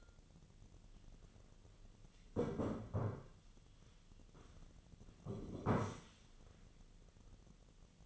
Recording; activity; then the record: daily activity, microphone in the room; sit down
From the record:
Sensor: 4